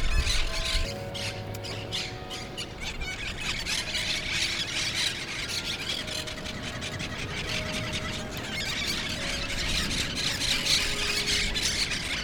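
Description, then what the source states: Parrots giving continuous harsh squawks and squeals, with steady tones humming underneath. Recorded in Brooklyn.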